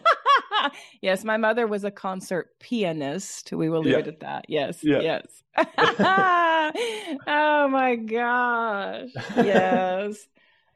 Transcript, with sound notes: Yes, my mother was a concert pianist.
Yeah.
We will leave it at that. Yes.
Yeah.
Yes. (laughs) Oh my gosh.
(laughs)
Yes.